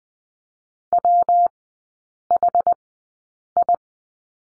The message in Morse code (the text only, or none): WHI